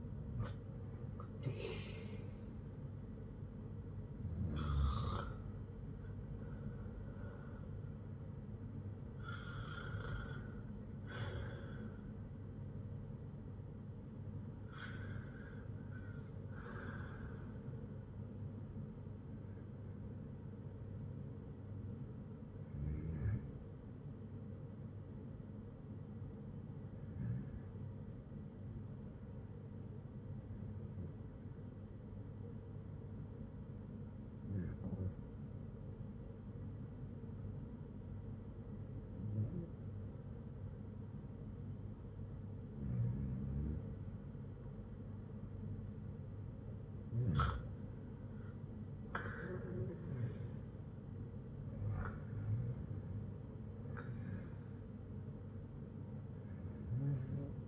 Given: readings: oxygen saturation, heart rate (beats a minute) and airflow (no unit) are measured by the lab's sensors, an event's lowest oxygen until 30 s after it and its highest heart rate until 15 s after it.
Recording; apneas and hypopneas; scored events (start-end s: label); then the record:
breathing in sleep by a smartphone at the bedside; 1
29.00-53.20 s: hypopnea (REM, oxygen 97% highest, then 90% lowest, heart rate 68 at the start, 68 highest)
From the record:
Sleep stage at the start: REM sleep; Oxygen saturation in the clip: 89 to 97%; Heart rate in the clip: 58 to 74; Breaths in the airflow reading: 14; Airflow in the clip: -9.2 to 6.3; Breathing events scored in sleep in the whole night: 182 in 7.4 hours asleep